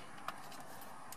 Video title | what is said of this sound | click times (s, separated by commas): SYNC 2 to SYNC 3 Upgrade - 2015 Ford Focus | till it locks in place and then the power outlet slide that in clip facing the hole right there | 0.3 s